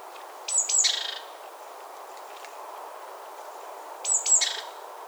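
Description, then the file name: Great tit call heard twice, roughly three and a half seconds apart, each a couple of high squeaky notes sliding into a dry, buzzy chatter. "Parus major"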